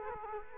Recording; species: mosquito wingbeat signal from an infrared sensor; Culex quinquefasciatus